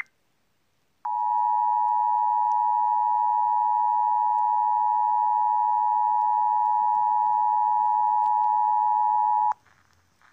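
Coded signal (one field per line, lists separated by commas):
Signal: Emergency Alert System (SAME) tones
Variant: 853 and 960 Hz attention tone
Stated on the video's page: Required Monthly Test caught via livestream of WFED 1500 AM, Washington DC.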